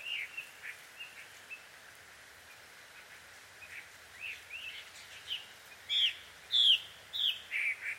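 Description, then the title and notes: Bird calls, faint chirps at first, then louder clear slurred whistles in quick succession toward the end. Birds quarrelling, described as a married couple's fight, at dusk; field recording in Takao, Japan. "鳥の夫婦喧嘩 – Birds Quarrel At Dusk. Recorded in Takao Japan"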